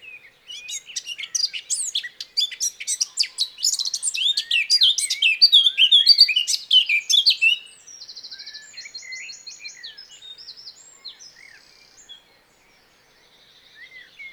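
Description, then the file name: Eurasian blackcap song: a lively, tumbling high warble for about seven seconds, followed by quieter buzzy trills and chirps. "Sylvia atricapilla"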